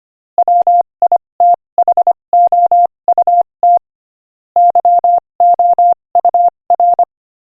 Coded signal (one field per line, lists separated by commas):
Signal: Morse code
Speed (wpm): 25 wpm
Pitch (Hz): 700 Hz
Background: none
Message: WITHOUT YOUR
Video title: Morse Code Practice: 25 wpm Inspirational Quote 14